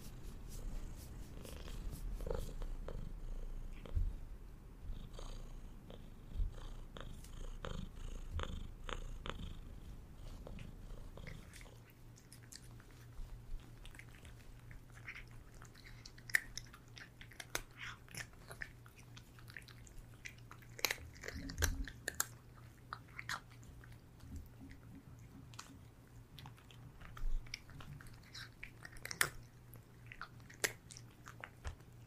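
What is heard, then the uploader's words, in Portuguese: A cat purrs, a low steady rumble, with soft clicks and small chewing or handling sounds scattered throughout and a quieter second half. ASMR com alguns dos meus gatinhos, sons de comidinha, ronronando, massagem e respirações.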